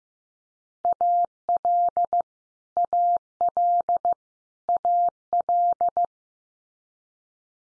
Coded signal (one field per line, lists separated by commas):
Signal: Morse code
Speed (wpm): 15 wpm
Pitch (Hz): 700 Hz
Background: none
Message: AL AL AL